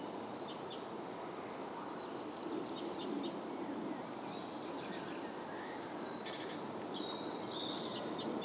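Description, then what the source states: Birds calling with thin, high chirps and short whistled notes scattered throughout over a steady hiss of background noise. Soundscape.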